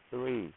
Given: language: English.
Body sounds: throat vibration sensor signal played as sound; speech

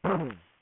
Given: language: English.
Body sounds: throat vibration sensor signal played as sound; throat clearing

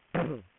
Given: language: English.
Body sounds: throat vibration sensor signal played as sound; throat clearing

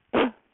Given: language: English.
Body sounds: throat vibration sensor signal played as sound; cough

